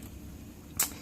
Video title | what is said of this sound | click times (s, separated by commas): Devil Arts Providence Review | it clicks in place and it locks in place, which really helps with how | 0.8 s